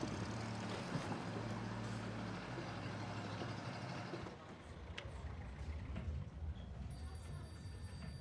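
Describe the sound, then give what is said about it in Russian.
A black car's engine rumbles low and steady for about four seconds as it pulls up outside the Hotel Royal in Turin, Italy, then cuts out, leaving a quieter bed of street noise with a few faint clicks and thin high tones. “Они выходят из черного автомобиля.”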